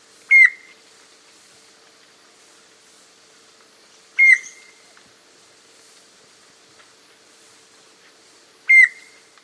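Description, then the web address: Rufous antpitta calling: three clear whistled notes with a sharp onset and a short fading tail, spaced about four seconds apart over a faint steady hum. South America. "Natures Songs S America Rufous Antpitta"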